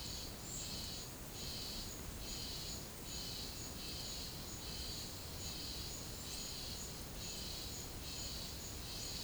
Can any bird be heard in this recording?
no